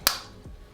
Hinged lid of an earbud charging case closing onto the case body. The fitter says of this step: and it's got a really nice click going to it as well.